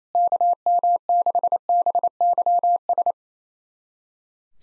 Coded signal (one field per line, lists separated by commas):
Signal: Morse code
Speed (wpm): 28 wpm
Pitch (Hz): 700 Hz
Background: none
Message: KM6BYS